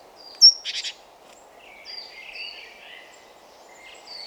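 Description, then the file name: Great tit calling: a sharp high note, then a rapid buzzy churring burst, followed by thin, varied chirps and whistles over faint background hiss. "Parus major"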